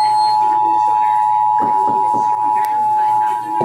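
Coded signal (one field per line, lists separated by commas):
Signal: Emergency Alert System (SAME) tones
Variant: 853 and 960 Hz attention tone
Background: speech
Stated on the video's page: Live relay of the national IPAWS/EAS periodic test, received from TV and radio stations and relayed by a SAGE EAS ENDEC monitoring one radio station.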